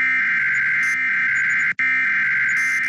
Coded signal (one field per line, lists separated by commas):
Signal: Emergency Alert System (SAME) tones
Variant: header bursts